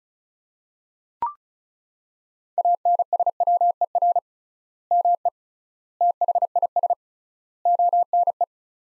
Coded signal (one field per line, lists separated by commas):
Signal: Morse code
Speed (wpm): 36 wpm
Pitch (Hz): 700 Hz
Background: none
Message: ANSWER ME THIS ONE